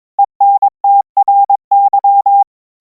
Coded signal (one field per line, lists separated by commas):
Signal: Morse code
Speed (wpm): 22 wpm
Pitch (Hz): 800 Hz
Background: none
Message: ENTRY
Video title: EAS Mock: The Broadcaster (Origin)